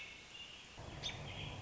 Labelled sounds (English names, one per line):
American Robin